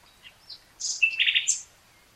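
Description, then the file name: Common nightingale phrase: a few faint notes, then a short whistle leading into a fast buzzy trill, with a hissy background. "Luscinia megarhynchos"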